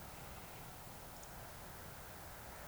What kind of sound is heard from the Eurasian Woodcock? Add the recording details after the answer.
whistle. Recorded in Baden-Württemberg, Germany, on 26 June 2021 at 20:16 UTC. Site 45499, 200 m above sea level